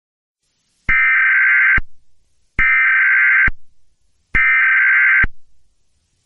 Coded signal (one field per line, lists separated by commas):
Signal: Emergency Alert System (SAME) tones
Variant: header bursts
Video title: eas scenario hal as grimlock ep3